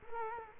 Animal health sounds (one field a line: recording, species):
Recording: mosquito wingbeat signal from an infrared sensor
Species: Culex quinquefasciatus